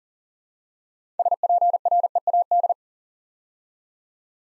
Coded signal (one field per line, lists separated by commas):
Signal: Morse code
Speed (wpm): 40 wpm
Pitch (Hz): 700 Hz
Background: none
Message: SPREAD